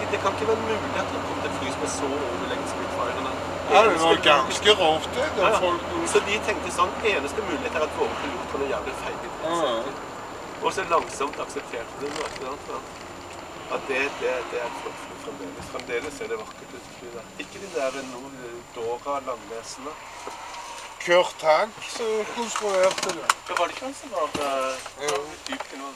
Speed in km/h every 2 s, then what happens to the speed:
65, 63, 60, 57, 53, 47, 39, 31, 20, 8, 0, 0, 0.
0-19 slows to 0. 19-26 standing.